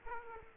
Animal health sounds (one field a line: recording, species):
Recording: mosquito wingbeat signal from an infrared sensor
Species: Aedes aegypti